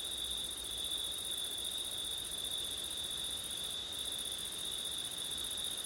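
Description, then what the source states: Dense cricket chorus, an even, sustained high trill with a fainter upper shimmer that briefly fades once, low wind hiss underneath. Crickets on a September night, with wind; ortif (ORTF) microphone setup.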